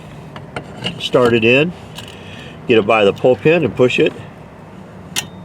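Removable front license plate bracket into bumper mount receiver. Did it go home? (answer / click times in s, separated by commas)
yes / 5.2 s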